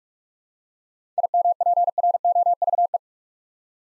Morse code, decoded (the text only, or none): IMPROVE